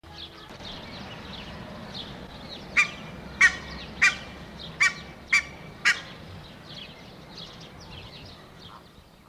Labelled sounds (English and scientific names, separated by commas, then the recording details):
Barnacle Goose (Branta leucopsis) call
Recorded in captivity
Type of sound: call
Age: adult
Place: Zoo Halle, Sachsen-Anhalt, DE
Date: 1987-04-11
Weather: fair, 7-10°C
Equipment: Nagra SN, Kopie Tesla B 116
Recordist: Tembrock, Günter
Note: Rufe